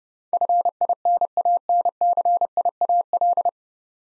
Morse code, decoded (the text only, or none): FINANCIAL